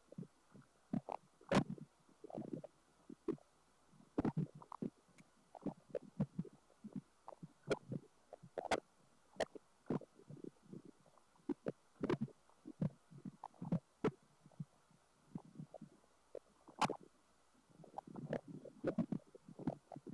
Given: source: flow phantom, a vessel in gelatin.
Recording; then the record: Doppler ultrasound of air bubbles in flowing water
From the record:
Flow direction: away from the transducer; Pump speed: changing at random every second, 150 to 250 rpm (540 to 900 mL/min); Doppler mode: pulsed wave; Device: 7 MHz transducer